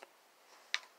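A Browning A5 Wicked Wing semi-auto shotgun is flipped over so its charging rod drops down into position in the receiver to free a stuck bolt. A faint tick opens the clip, then a single sharp, bright click at 0.7 s as the rod seats into place.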